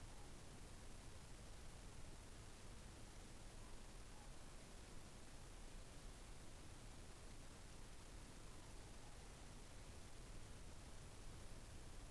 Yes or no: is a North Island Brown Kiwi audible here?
no